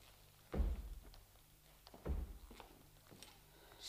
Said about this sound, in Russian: Стучит кто-то! Где?